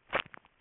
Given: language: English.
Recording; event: throat vibration sensor signal played as sound; swallow